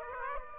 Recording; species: mosquito wingbeat signal from an infrared sensor; Aedes aegypti